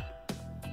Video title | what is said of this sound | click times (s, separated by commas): COMO HACERLE EL SERVICIO A TU MOTONETA ITALIKA DS 150 WS TU SÓLITO BIEN FÁCIL :) ITALIKA DS 150 2019 | a meterlo para un poco a presión se debería de escuchar un clic listo | 0.3 s